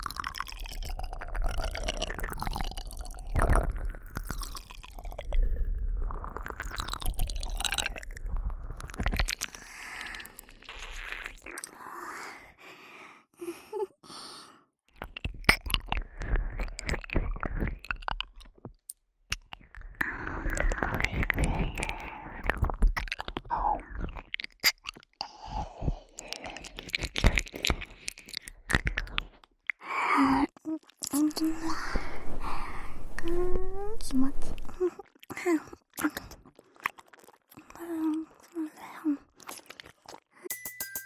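Close, fast ear-eating sounds of wet crunches, clicks and soft chewing in dense bursts, with brief quiet gaps and faint whispery breaths throughout.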